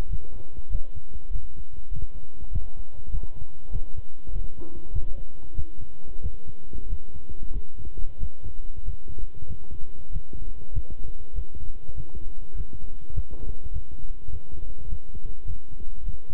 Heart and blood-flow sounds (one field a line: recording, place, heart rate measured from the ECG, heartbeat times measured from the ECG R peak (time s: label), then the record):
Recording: heart sounds by stethoscope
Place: between the tricuspid and mitral areas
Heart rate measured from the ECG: 98 bpm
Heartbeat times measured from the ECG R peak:
0.09 s: heartbeat
0.70 s: heartbeat
1.30 s: heartbeat
1.90 s: heartbeat
2.50 s: heartbeat
3.09 s: heartbeat
3.70 s: heartbeat
4.31 s: heartbeat
4.91 s: heartbeat
5.54 s: heartbeat
6.21 s: heartbeat
6.88 s: heartbeat
7.51 s: heartbeat
8.18 s: heartbeat
8.83 s: heartbeat
9.47 s: heartbeat
10.10 s: heartbeat
10.72 s: heartbeat
11.33 s: heartbeat
11.95 s: heartbeat
12.54 s: heartbeat
13.12 s: heartbeat
13.71 s: heartbeat
14.30 s: heartbeat
14.88 s: heartbeat
15.45 s: heartbeat
16.03 s: heartbeat
From the record:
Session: walking at 3.7 km/h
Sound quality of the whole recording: good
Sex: male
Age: 26 years